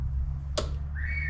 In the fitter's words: there's the click